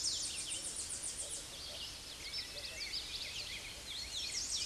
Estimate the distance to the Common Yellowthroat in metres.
about 25 m